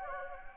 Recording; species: mosquito wingbeat signal from an infrared sensor; Anopheles gambiae